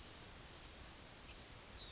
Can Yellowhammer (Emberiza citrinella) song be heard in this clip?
yes